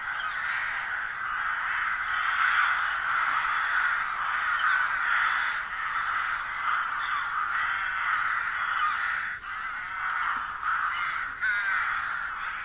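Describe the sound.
Bird calls in a dense, unbroken chorus of harsh, harmonic notes that overlap throughout with no clear pauses.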